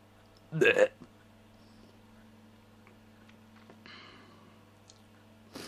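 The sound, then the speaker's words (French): A single short, loud burp bursts out early on during a radio broadcast on Canal Sud in Toulouse, France, followed by near-silence with a steady low hum and a few faint scattered noises. “Ouais, je rote et je pète à l'antenne, ouais.”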